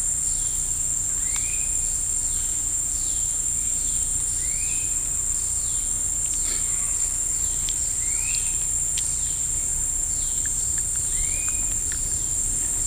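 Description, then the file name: Insects in an unbroken high shrill chorus, overlaid by repeated short upslurred bird whistles and a few sharp ticks. Insects calling in woods in Costa Rica, recorded together with birds. "Birds and bugs in the woods of Costa Rica"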